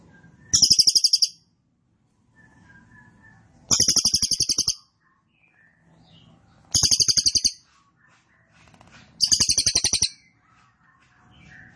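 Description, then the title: Cililin song: short, high, rattling trills of rapid pulses, each about a second long, repeated about every three seconds, with soft low rustling between. Song style called 'trorol', described as 'gacor' and 'konslet'; recording meant for training caged birds. "Cililin Trorol Konslet Gacor Banget"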